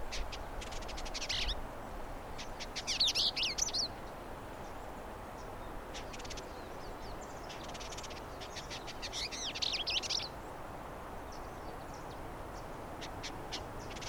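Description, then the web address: Variable indigobird giving scattered bursts of high, scratchy chatter and buzzy trills, several seconds apart, against a constant hissing background. "Indigobird Song Vidua funera"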